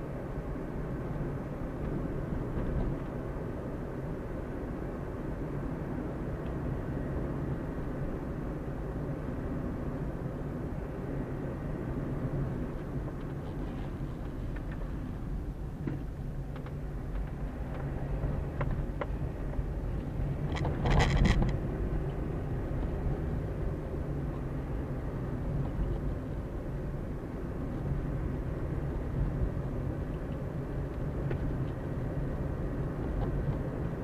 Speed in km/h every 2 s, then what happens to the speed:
46, 46, 45, 44, 42, 39, 37, 25, 22, 26, 29, 34, 37, 37, 40, 41, 43.
0-15 slows to 22. 15-34 speeds up to 43.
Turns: none.